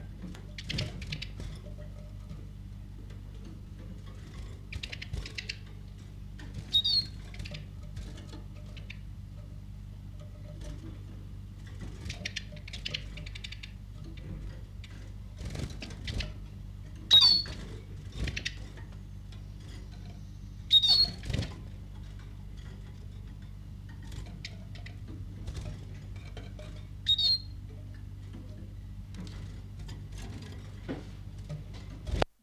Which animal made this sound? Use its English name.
Eurasian Siskin